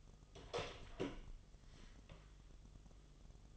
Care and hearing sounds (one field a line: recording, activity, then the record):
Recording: daily activity, microphone in the room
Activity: open door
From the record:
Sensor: 4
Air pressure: 1005.8 hPa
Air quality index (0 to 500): 93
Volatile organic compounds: 2 ppm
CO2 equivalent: 1146 ppm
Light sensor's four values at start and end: 13/30/11/11 and 13/29/11/10